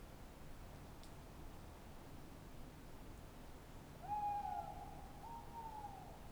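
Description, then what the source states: Tawny owl giving one long low hoot that steps slightly higher and quavers midway, after several seconds of quiet hiss. Tawny owl at night on wooded banks of the Dordogne near Limeuil, France, under a starry sky; end of Cadouin festival; recorded with Sonosax SX-R4+ and DPA 4022 microphones.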